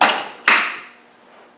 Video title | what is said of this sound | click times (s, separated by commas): LT77 Reverse stop | You hear it clunk into reverse? | 0.5 s